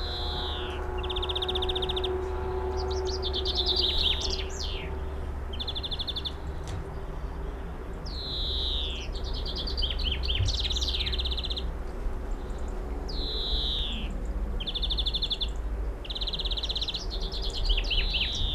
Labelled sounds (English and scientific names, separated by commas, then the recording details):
European Greenfinch (Chloris chloris) song
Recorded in the wild
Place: Oberstdorf, Bayern, DE
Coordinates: 47.415, 10.2603
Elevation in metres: 889
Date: 1980-04-06
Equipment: Uher 4000 Report
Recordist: Tretzel, Erwin